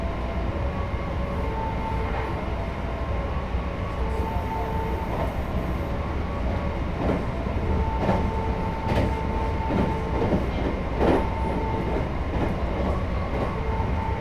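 A passing train sounds its melodic music horn, a tune of clear stepping notes over steady low rumble and rhythmic wheel clatter throughout.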